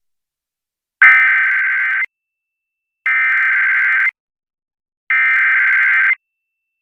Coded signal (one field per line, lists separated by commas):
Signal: Emergency Alert System (SAME) tones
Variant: header bursts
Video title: EAS Required Monthly Test Wisconsin NOAA Weather Radio KIG64 Duluth/WNG683 +WeatherSTAR4000